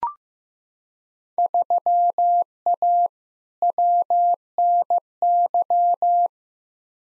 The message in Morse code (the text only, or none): 3A WNY